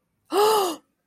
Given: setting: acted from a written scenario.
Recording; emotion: vocal sound without words; realization